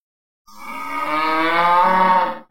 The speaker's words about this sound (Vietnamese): Ly hỏa ngưu ma kêu to, tiếng trống nặng nề chấn động làm cho quần sơn rung rung, toàn thân nó là máu, gian nan dãy ra.